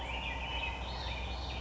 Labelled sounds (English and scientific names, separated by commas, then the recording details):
Swainson's Thrush (Catharus ustulatus)
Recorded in Sonoma County, California